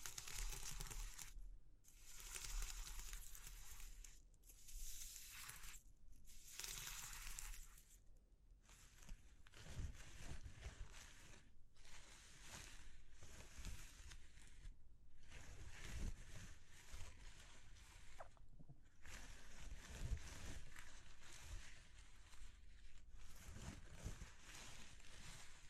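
A dense, hissing, crackling texture arrives in hard-cut blocks during the first eight seconds, separated by short silences. It then becomes a near-continuous rough wash with low thuds and rumbling underneath, broken by brief dropouts about every three to four seconds.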